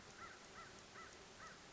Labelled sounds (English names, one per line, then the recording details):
American Crow
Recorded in Sonoma County, California